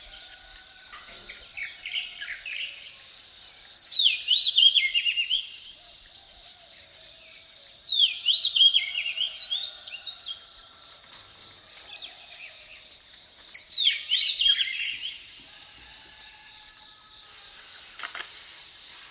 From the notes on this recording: the sounds of birds and insects and human started activity in the the kitchen